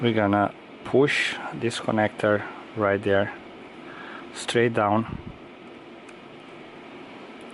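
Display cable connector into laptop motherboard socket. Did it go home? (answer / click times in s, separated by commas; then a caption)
yes / 6.1 s. The display cable connector of a Dell XPS 13 9360 (9350) laptop screen is pushed straight down into its socket on the motherboard. Someone talks over a steady background hum, then after a quiet stretch a short, faint snap is heard at 6.1 s as the connector seats in the board socket.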